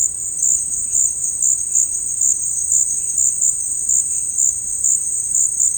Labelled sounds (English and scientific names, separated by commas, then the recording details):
none
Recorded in secondary vegetation near Puerto Asís, Putumayo, Colombia, on 8 March 2025 at 16:30
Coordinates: 0.502, -76.326
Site G100